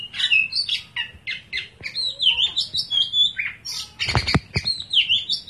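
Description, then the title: Oriental magpie-robin song: a lively run of varied whistled and chirping phrases, some rising and some falling, with a short burst of harsh clattering noise near the end. "Kacer"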